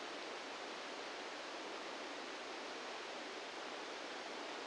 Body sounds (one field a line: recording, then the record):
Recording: brain microelectrode recording played as sound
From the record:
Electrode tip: outside the subthalamic nucleus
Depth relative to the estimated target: 4 mm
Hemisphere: right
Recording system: NeuroSet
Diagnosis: Parkinson's disease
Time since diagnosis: 17 years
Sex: male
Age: 64 years